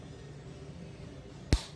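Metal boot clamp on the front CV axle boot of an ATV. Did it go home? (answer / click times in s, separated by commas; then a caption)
yes / 1.5 s. A metal band clamp is squeezed closed with improvised pliers over the rubber front CV axle boot of a 2019 Can-Am Outlander ATV, with a low steady hum underneath. At 1.5 s a single sharp snap rings out as the clamp's locking tab catches and the clamp clicks locked, seated.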